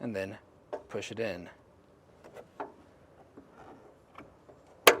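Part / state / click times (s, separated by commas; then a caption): gas strut end socket onto lower ball mount of liftgate / seated / 4.9 s. Someone talks while the lower end socket of a custom fit metal gas lift strut on a 2002 Chevrolet Blazer liftgate is rotated into line, followed by a few faint handling knocks. The socket is then pushed onto the lower ball mount and snaps on with a sharp, loud click at 4.9 s, seating it.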